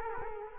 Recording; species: mosquito wingbeat signal from an infrared sensor; Culex quinquefasciatus